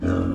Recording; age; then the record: pig call; growing-finishing pig (85 days or more)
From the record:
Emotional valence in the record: negative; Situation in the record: barren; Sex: male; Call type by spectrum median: low-frequency call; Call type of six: low-frequency modulated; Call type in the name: low-frequency stable, not sure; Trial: 2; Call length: 0.34 s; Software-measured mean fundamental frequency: 52 Hz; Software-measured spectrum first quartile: 141 Hz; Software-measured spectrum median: 265 Hz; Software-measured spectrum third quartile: 456 Hz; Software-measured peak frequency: 264 Hz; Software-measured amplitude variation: 155 dB a second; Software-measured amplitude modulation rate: 27.6 a second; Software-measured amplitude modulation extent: 5.6 dB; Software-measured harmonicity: -1.5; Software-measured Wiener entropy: -0.75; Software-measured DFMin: 854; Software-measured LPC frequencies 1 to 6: 336, 1380, 2763, 3545, 4694, 5611 Hz